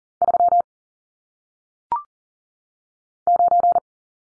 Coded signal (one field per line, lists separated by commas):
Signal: Morse code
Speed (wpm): 38 wpm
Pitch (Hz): 700 Hz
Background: none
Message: 3 9